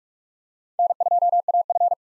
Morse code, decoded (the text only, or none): N2AF